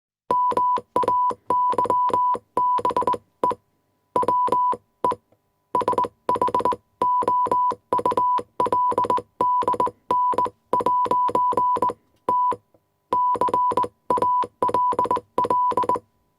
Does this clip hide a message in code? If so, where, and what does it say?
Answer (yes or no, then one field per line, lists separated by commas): yes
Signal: Morse code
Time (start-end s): 0.3-15.9 s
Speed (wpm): 20 wpm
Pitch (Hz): 990 Hz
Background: none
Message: MAYBE WE SHOULDN'T CALL